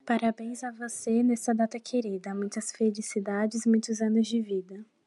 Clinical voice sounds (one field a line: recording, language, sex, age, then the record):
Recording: short text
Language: Brazilian Portuguese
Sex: female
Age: 20 to 29 years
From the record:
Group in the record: control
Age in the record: 27 years